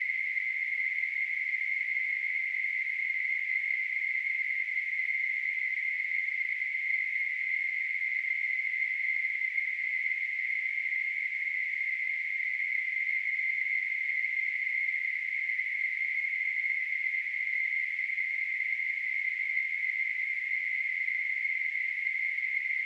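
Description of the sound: Steady, unbroken narrow hiss centred near 2 kHz, a simulated tinnitus sound with no variation throughout.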